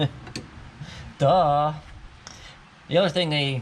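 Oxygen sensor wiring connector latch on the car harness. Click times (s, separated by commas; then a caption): 0.3 s, 0.4 s. A small screwdriver is pushed into the locking clip of a plastic O2 sensor wiring connector on the car harness to release it. Sharp clicks come at about 0.3 s and 0.4 s as the clip clicks open and the connector comes free. Someone then talks.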